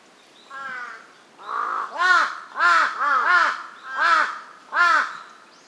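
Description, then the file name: Large-billed crow giving harsh, arched caws, a couple of softer notes first, then a series of loud calls, some in quick succession. "hasibutogarasu"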